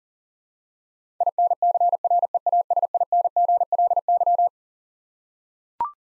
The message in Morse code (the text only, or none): INCREASINGLY